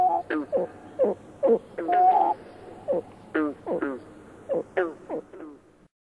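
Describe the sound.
Pied-billed grebe calling with irregular hollow, falling notes and brief whinnying bursts, uneven in timing, over a faint low hum.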